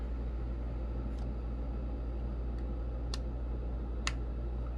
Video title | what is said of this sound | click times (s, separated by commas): iPod Classic 4th Gen RESTORED – New Life with SD Card & Battery! | Okay, I heard the audible click. | 3.1 s, 4.1 s